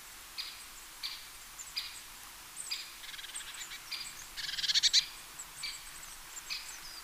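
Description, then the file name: Eurasian blue tit giving harsh, buzzy notes repeated at intervals, then a fast stuttering burst of rasping notes before the spaced calls resume. "Cyanistes caeruleus"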